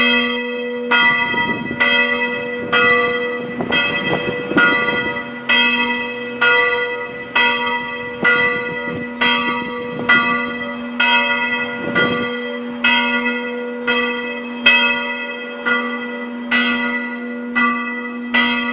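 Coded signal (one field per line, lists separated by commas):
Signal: bell signal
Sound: one church bell ringing steadily, about 20 evenly spaced strokes, ringing overtones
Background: low hum, outdoor noise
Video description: Alle 12:01 e 30 secondi, parte il segnale orario e poi la distesa della campana maggiore.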